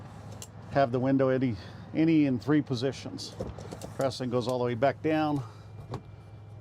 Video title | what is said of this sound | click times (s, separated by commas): 2023 Winnebago EKKO 22A - 5N211604 | clicks that's the little ball bearings going into there you can | 0.4 s